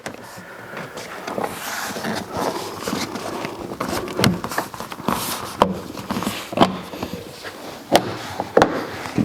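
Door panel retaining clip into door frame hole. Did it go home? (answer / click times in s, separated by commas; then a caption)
yes / 4.2 s, 5.6 s, 8.0 s, 8.6 s. Plastic push-in retaining clips on the door trim panel of a 1977–1979 Ford Thunderbird, Ranchero, LTD-II or Mercury Cougar are pushed one after another into their holes in the metal door frame. Sharp snaps are heard at 4.2, 5.6, 8.0 and 8.6 seconds over low rustling and handling noise. Each clip seats firmly in place.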